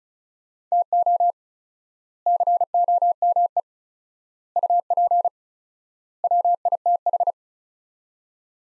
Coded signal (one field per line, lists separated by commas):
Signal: Morse code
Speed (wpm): 36 wpm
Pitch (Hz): 700 Hz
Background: none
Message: TO COME UP WITH